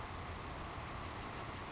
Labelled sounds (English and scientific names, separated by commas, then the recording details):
Savannah Sparrow (Passerculus sandwichensis)
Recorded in Sonoma County, California